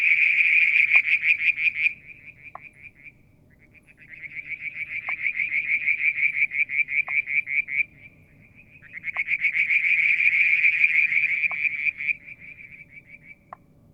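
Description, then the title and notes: Frogs giving rapid, pulsed high trills in three long bouts separated by quieter gaps, with faint sharp clicks scattered through and a low background hum. Striped marsh frog, Verreaux's tree frog and an unidentified frog calling one evening near a water tank at Mount Wilson, New South Wales, Australia, July 2022. "Frog song, Mount Wilson, New South Wales, Australia in July 2022 – by Alexander Moffatt. Limnodynastes Peronii, Litoria Verreauxii and a mystery frog one evening near the water tank"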